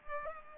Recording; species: mosquito wingbeat signal from an infrared sensor; Culex pipiens